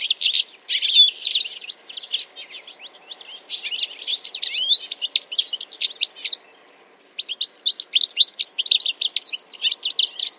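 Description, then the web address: Bird calls: dense, rapid high chirps and twittering, overlapping in busy bursts with a short pause a little past the middle. "Deverinetal. Bird Only"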